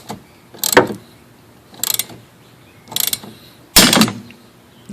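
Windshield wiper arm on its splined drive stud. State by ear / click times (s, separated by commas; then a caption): released / 3.8 s. A puller is cranked with a socket and ratchet on the metal windshield wiper arm of a 2006 BMW 325i E90 during windshield cowl removal, giving short bursts of ratchet clicking. At 3.8 s the arm pops free of its splined drive stud with a loud, forceful pop, and the arm is released.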